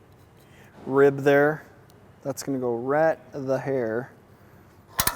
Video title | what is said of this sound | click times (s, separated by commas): Ironman 4x4 Raid Rear Bumper Suited For 2016+ Toyota Tacoma - Install Guide | and they just snap right into place | 5.0 s, 5.1 s